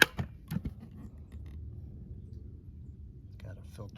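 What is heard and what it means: A release on an ACONEE pet vacuum is pushed down and its plastic dust cup lid is lifted to empty the vacuum, and the latch lets go with a sharp, loud hit at 0.0 s. Softer knocks follow at about 0.2, 0.5, 0.7 and 3.4 s over a low steady rumble while someone talks. The dust cup lid latch is released.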